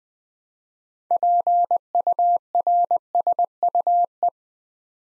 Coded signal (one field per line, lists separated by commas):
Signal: Morse code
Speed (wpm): 20 wpm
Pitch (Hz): 700 Hz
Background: none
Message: PURSUE